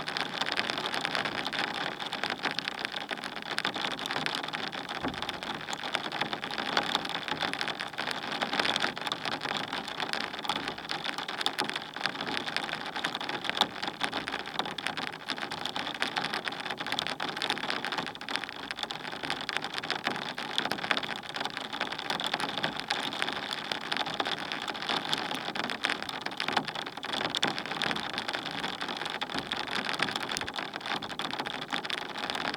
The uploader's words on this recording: Raindrops over a plastic surface. Recorded with contact microphones.